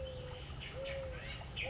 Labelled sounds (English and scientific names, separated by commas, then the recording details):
Mourning Dove (Zenaida macroura)
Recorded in Sonoma County, California